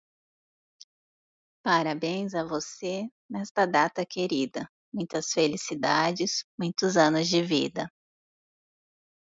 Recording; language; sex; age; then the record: short text; Brazilian Portuguese; female; 30 to 39 years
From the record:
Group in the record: control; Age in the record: 38 years